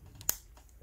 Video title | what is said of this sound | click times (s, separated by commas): Phylida Deep Sea Homage - Full review | again nice satisfying click in there | 0.3 s